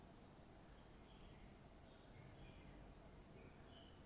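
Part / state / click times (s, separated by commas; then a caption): replacement antenna into RC transmitter case top hole / not seated / none. One end of a new replacement antenna is passed through the hole in the top of a RadioLink AT10II transmitter's plastic case and lined up there, before it is pushed home. Only a steady low background hiss is heard, with a faint brief sound near 0.2 s. Nothing has seated or clicked yet.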